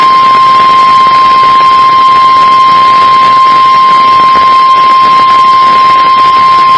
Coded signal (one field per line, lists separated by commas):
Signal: Emergency Alert System (SAME) tones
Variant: 1050 Hz attention tone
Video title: A test and a drill?! Tornado Drill and I think an RWT on KDO89 St. Louis, MO (EAS #96-#97)